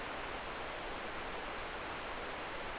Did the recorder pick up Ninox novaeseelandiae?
no